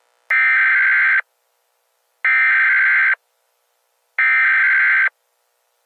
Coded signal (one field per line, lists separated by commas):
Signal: Emergency Alert System (SAME) tones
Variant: header bursts